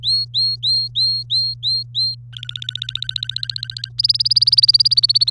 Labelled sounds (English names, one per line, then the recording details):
Domestic Canary song
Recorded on 24 April 2018 at 07:17
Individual llb3